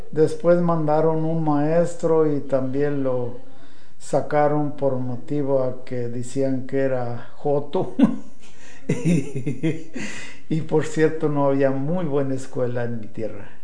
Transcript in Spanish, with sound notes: Después, mandaron un maestro y también lo sacaron por motivo a que dicían que era joto. (risas) Y por cierto, no había muy buena escuela en mi tierra.